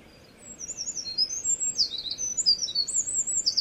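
Wren song fragment, a quick jumble of thin, high twittering notes and short trills over about three seconds.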